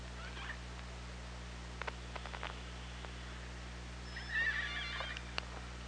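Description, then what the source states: Killer whale pulsed call: a short burst of harmonic, slightly wavering tones lasting under a second, preceded by scattered clicks, over a constant low hum. Hydrophone at OrcaLab, 24 August 2017.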